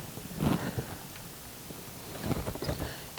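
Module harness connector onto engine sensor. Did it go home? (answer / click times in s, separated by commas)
no / none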